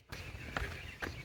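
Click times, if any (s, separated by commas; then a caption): 0.6 s, 1.0 s. A metal jack stand is pushed up under the bottom of the sliding door of a 2017-2026 Chrysler Pacifica minivan, with a rag between them to protect the paint, so the door won't drop during a repair for a door that won't open, close, or latch. A low rumble runs under two sharp metallic ratchet clicks at 0.6 s and 1.0 s. The stand clicks into place and is seated against the door.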